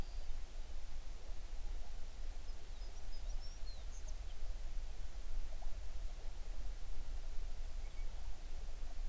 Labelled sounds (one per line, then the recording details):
songbird
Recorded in the Prudhoe Bay oil fields, Alaska, on 11 June 2019 at 05:44
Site 21